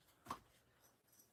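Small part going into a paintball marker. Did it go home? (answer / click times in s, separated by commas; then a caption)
no / none. A small, unnamed part is being worked into a paintball marker during a repair. A single brief, sharp tick stands out at about 0.3 s, followed by quiet handling noise. Nothing has seated or clicked into place yet.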